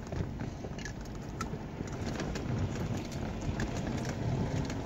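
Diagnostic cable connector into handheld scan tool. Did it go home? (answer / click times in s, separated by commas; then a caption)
no / none. The other end of a diagnostic cable, hooked up to a 2005 Saab 9-3, is handled and pushed toward the handheld Tech2 scan tool. A steady low rumbling background is heard with faint, brief high-pitched ticks scattered throughout. Nothing has seated or clicked yet.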